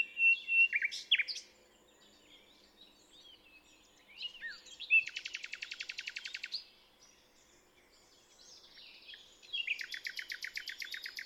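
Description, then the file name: Common nightingale song with sharp whistled notes, a pause, a fast buzzy trill, then another rapid repeated series after quiet. "Luscinia megarhynchos"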